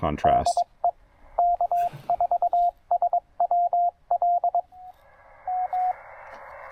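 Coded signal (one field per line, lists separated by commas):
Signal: Morse code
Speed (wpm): 22 wpm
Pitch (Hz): 700 Hz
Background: speech, radio noise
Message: DE K4SWL M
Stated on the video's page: QRP Parks on the Air activation with a Penntek TR-45L transceiver, Elecraft AX3 antenna and Begali Traveler Morse key.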